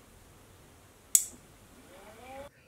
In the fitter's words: and I don't know about you but I really love that satisfying click as the clutch engages